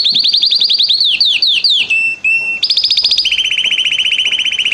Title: Esquente seu Filhote e Canrio Belga - Macho Cantando muito